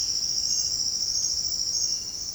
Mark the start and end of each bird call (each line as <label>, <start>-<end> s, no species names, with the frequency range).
bird call (1.7-3.4 kHz), 1.78-2.26 s